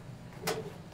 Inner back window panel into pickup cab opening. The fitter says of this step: snaps right in there just